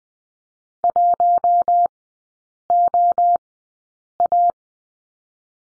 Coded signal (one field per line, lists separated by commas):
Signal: Morse code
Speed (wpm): 19 wpm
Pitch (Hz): 700 Hz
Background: none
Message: 1OA